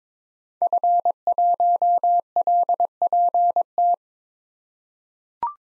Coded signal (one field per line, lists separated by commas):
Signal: Morse code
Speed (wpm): 22 wpm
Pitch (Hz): 700 Hz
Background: none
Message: F1LPT